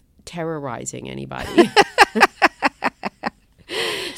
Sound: laughter